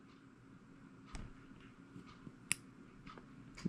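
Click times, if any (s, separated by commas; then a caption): 2.5 s. A crimped terminal pin is pushed into a translucent plastic car stereo wiring harness connector during a Subaru BRZ and Toyota 86 stereo upgrade, with faint ticks around 1.1, 3.2 and 3.6 seconds. A sharp, bright click at 2.5 seconds marks the pin seating as the plastic retaining tab drops and locks it in place.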